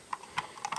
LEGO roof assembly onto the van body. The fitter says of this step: place the top on top of the delivery van should just snap in